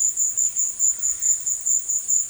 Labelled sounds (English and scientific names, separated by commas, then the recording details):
none
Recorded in dense forest near Puerto Asís, Putumayo, Colombia, on 22 December 2024 at 11:00
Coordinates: 0.468, -76.322
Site G071